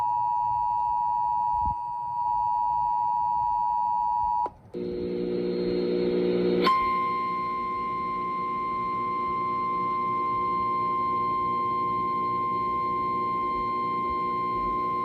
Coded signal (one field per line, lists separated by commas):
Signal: Emergency Alert System (SAME) tones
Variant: 853 and 960 Hz attention tone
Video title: A Little Extra Rainfall || EAS Alerts from 7/15/23 || EAS 780-791